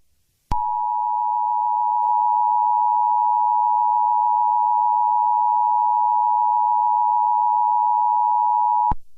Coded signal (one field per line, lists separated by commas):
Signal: Emergency Alert System (SAME) tones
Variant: 853 and 960 Hz attention tone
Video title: 💀💀💀| An EAS Scenario